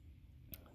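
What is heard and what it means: The tool-less glide-lock extension on the steel bracelet clasp of a San Martin 41mm SN019 watch is popped out and slid to a new position to allow for the wrist swelling during the day. It clicks into a notch at 0.5 s, a sharp, bright click slightly softer than the one on the SN017, followed by a faint tick, over a low background hum. The clasp is seated.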